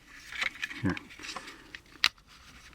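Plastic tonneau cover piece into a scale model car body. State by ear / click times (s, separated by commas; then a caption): seated / 2.0 s. Someone talks while pressing a plastic tonneau cover piece into place along the back of a Lindberg 1934 Ford model car body, a 1:25-style scale kit. A sharp, loud click at 2.0 s marks the piece snapping in, and it is seated.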